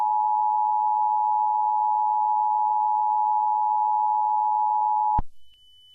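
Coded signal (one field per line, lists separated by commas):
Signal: Emergency Alert System (SAME) tones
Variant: 853 and 960 Hz attention tone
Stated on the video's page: Fictional scenario.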